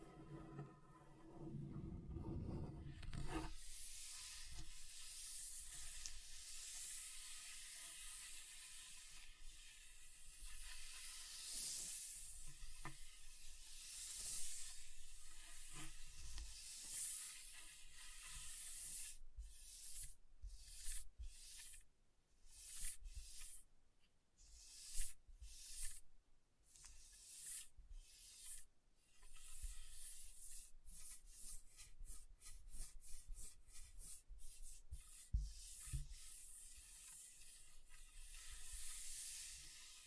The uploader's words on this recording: ASMR Relaxing Table Scratching Different Surfaces (No Talking).